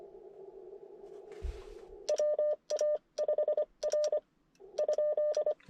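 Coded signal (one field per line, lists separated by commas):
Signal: Morse code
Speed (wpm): 24 wpm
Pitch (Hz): 590 Hz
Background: none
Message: WA5R ?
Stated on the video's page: CW Parks On The Air activation at a state forest using an IC-705; a solar flare mid-activation made signals fade and become much weaker.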